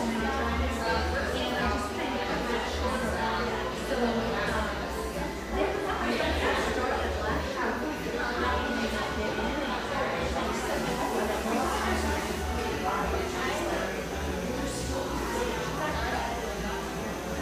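An espresso shop in Portland, Oregon hums along with a dense, steady murmur of overlapping voices, no single conversation standing out. A low rumble runs underneath the whole time, and brief clinks and brighter bursts of chatter rise now and then.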